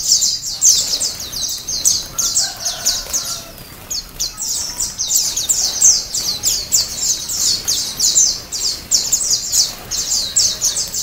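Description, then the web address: White-eye song chorus: bright, rapid chirping notes that overlap densely. Ombyokan-style chorus of many white-eyes singing together, from a masteran (training) recording for cage birds. "pleci ombyokan. masteran pleci"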